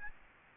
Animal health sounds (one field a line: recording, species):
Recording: mosquito wingbeat signal from an infrared sensor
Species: Aedes albopictus